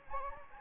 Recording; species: mosquito wingbeat signal from an infrared sensor; Anopheles gambiae